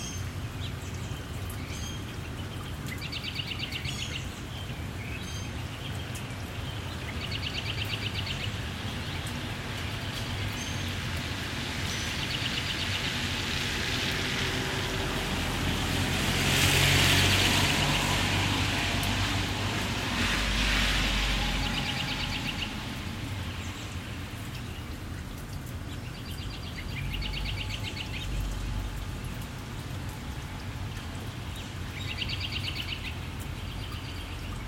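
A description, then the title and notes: Light rain patters steadily across a suburban neighborhood, with low traffic rumble underneath throughout. A vehicle swells past around 15 to 21 seconds, hissing brighter and louder before fading. Short bird chirps recur at intervals, near the start, middle and end. Suburban Soundscape 001: Light Rain, Birds, Vehicles. The usual birds chirping away. Recorder: Zoom H6 Mic: XYH-6 X/Y Capsule 120 Degrees Gain Setting: 5 Processing: Enveloped very loud truck. Sounds from my neighborhood on a day with some light rain.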